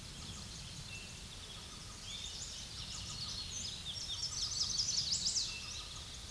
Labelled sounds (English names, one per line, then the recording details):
Chestnut-sided Warbler song
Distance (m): 25 m
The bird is about 5 m above the microphone
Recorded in a Pennsylvania forest on 16 May 2024 at 06:48
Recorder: AudioMoth, point MSD-2429
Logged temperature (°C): 16.7 °C
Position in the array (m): 80 m, 64 m